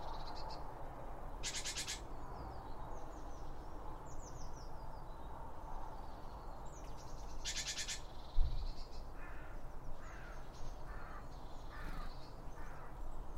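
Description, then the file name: Birds calling: two loud rasping buzzy bursts, thin descending twitters and short chirps, over steady low rumble with a brief knock. Birds around a bird feeder, recorded with two Line Audio OM 1 microphones. "Birds Around Birdfeeding With Two Om 1 From Line Audio"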